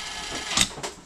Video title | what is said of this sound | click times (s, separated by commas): BEKKENEN VİDEO ARORA MAX-T150/VARYATÖR BAKIMI USTA EĞİTİCİ FARKIYLA 2.Bölüm | tık etti Tamam bunu buraya sıktık tık | 0.6 s